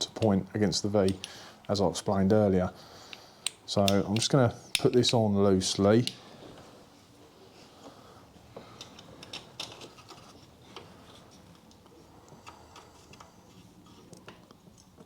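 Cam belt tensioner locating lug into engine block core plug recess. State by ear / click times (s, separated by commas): not seated / none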